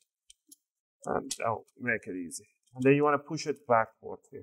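An opening tool is stuck in at the back of a Dell G3 15 (P89F001) laptop to release the plastic bottom cover's snap clips from the chassis. Two sharp clicks at 0.3 s and 0.5 s mark the clips popping open, and the cover is released. Someone then talks.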